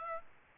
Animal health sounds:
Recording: mosquito wingbeat signal from an infrared sensor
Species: Aedes aegypti

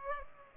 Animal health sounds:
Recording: mosquito wingbeat signal from an infrared sensor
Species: Culex pipiens

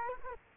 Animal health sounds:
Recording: mosquito wingbeat signal from an infrared sensor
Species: Culex quinquefasciatus

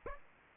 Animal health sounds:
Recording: mosquito wingbeat signal from an infrared sensor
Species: Aedes aegypti

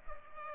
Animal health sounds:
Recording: mosquito wingbeat signal from an infrared sensor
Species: Culex pipiens

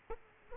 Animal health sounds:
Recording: mosquito wingbeat signal from an infrared sensor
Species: Aedes aegypti

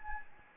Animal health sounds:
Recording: mosquito wingbeat signal from an infrared sensor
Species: Anopheles gambiae

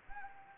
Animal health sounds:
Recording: mosquito wingbeat signal from an infrared sensor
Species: Anopheles gambiae

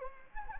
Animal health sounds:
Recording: mosquito wingbeat signal from an infrared sensor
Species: Anopheles gambiae

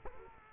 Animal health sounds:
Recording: mosquito wingbeat signal from an infrared sensor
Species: Culex quinquefasciatus

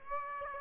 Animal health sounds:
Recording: mosquito wingbeat signal from an infrared sensor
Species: Aedes aegypti

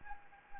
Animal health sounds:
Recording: mosquito wingbeat signal from an infrared sensor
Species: Anopheles gambiae

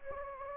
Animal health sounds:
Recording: mosquito wingbeat signal from an infrared sensor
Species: Anopheles gambiae

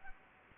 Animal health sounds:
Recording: mosquito wingbeat signal from an infrared sensor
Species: Anopheles gambiae

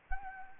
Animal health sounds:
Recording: mosquito wingbeat signal from an infrared sensor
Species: Anopheles gambiae

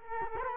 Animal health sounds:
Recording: mosquito wingbeat signal from an infrared sensor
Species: Culex quinquefasciatus

